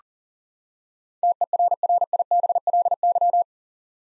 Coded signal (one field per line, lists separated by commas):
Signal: Morse code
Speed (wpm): 38 wpm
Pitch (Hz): 700 Hz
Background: none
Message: TERRIBLY